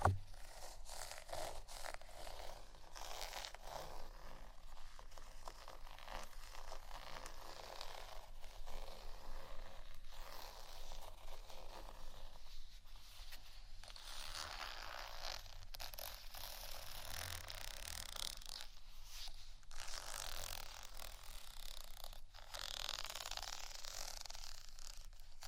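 Gentle scratching runs steadily throughout, a soft, dense, raspy texture with frequent small clicks and taps mixed in. Brighter, busier scratching swells arrive every few seconds, notably near 3, 13, 18 and 22 seconds, while the overall level stays low and even.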